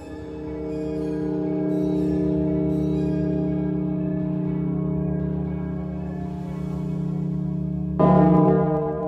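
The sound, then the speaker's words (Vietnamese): A deep, resonant bell, tolled three times, hums with a long, steady sustain, then is struck again near the end, a fresh loud clang blooming over the lingering tone. No voices. “Vừa chạy đến một lối rẽ thì vang lên 3 tiếng chuông.”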